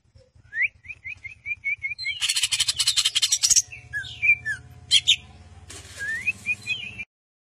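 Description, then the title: Greater green leafbird song: a series of short rising whistles, then a dense burst of harsh buzzy notes, more whistles at the end, with a low hum beneath. Champion singer with lively, constant song, used as a master song for training other birds. "Cucak Ijo Juara Suara Kicau Cucak Ijo Gacor Masteran Cucak Hijau"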